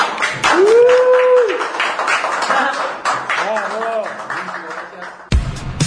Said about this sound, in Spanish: ¿Aplausos ahí? ¡Vamos!